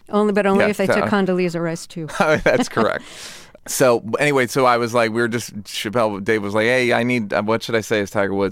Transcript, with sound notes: Yeah, so...
But only if they took Condoleezza Rice, too.
(LAUGHTER) That's correct. So anyway - so I was like - we were just - Chappelle - Dave was like, hey, I need - what should I say as Tiger Woods?